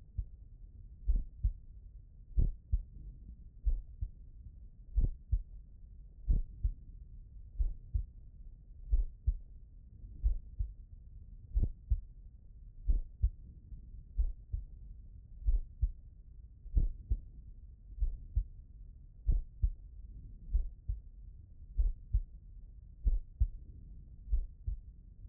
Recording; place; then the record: heart sounds by stethoscope; pulmonary valve (PV)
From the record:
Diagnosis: non-HFrEF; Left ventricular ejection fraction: 50%